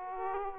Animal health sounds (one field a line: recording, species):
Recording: mosquito wingbeat signal from an infrared sensor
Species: Aedes aegypti